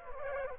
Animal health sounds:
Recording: mosquito wingbeat signal from an infrared sensor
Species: Culex quinquefasciatus

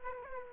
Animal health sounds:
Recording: mosquito wingbeat signal from an infrared sensor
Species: Aedes aegypti

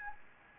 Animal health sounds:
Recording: mosquito wingbeat signal from an infrared sensor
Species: Anopheles gambiae

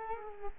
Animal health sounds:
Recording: mosquito wingbeat signal from an infrared sensor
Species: Culex quinquefasciatus

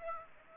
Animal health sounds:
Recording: mosquito wingbeat signal from an infrared sensor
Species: Aedes aegypti

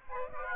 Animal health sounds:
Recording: mosquito wingbeat signal from an infrared sensor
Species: Aedes aegypti

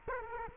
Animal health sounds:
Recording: mosquito wingbeat signal from an infrared sensor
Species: Culex quinquefasciatus

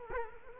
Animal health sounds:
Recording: mosquito wingbeat signal from an infrared sensor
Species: Culex quinquefasciatus

